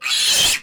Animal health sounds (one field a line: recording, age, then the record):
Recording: pig call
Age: piglet (1 to 25 days)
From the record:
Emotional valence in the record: negative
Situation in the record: castration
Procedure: castration, cut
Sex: male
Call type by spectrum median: high-frequency call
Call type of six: high-frequency modulated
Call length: 0.63 s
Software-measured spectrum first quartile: 3254 Hz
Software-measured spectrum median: 4559 Hz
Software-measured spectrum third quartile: 7516 Hz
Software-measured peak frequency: 3170 Hz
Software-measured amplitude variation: 101 dB a second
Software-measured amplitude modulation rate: 20.0 a second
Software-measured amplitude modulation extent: 5.1 dB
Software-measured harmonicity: 0.9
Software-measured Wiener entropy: -1.73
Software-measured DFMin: 796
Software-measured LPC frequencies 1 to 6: 1074, 1844, 2603, 3215, 4100, 5213 Hz